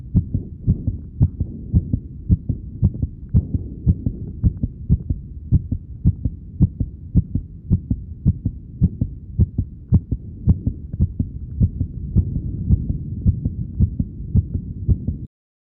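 Steady, deep thumping heartbeat with a slightly fluctuating pace, sound effect.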